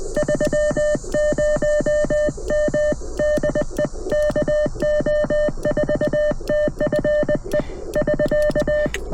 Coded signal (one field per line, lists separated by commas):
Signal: Morse code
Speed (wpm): 20 wpm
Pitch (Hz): 600 Hz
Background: none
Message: 30 M DE KO4TFE <SK>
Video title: CFT1 | Small Radio...BIG EARS | POTA @ US-10173